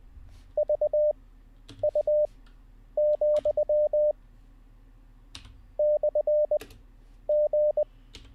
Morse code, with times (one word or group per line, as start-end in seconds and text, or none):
0.6-4.1 VU,
5.8-7.8 /G